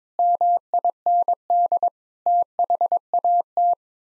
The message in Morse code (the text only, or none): MIND THAT